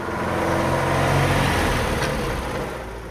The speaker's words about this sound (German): Als das Auto um den Platz jagte, ließ es an der Ecke den einsamen Stand eines Kastanienrösters hinter sich,